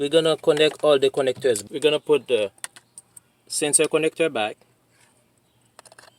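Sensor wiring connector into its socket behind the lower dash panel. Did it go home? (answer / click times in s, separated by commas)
no / none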